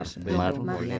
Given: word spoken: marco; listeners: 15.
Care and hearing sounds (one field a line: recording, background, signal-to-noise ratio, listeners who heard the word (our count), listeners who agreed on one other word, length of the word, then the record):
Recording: one Spanish word in noise, from a listening test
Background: four-talker babble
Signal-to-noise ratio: 0.6 dB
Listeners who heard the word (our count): 2 of 15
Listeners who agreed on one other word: 7 of 15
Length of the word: 0.59 s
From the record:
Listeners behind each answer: 7, 3, 2, 1, 1, 1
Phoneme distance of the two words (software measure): 17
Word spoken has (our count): 2 syllables, 5 phonemes, stress on syllable 1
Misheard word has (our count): 2 syllables, 6 phonemes, stress on syllable 1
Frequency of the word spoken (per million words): 101.91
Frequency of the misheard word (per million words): 12.52